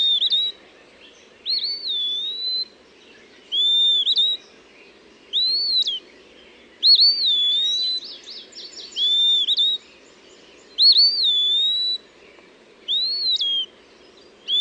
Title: LuckyPassaro Completos2Sama. Eastern Wood Pewee (Contopus virens)